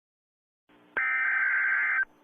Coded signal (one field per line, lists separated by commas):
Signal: Emergency Alert System (SAME) tones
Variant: header bursts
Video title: Another eas alert